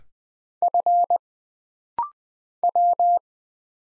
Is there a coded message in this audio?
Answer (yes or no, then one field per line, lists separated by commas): yes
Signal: Morse code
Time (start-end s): 0.6-3.2 s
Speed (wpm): 20 wpm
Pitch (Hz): 700 Hz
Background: none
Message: F W